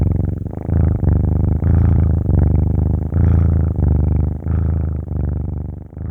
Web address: مجموعه افکت صدا حیوانات SES Animals SFX Kitten Purring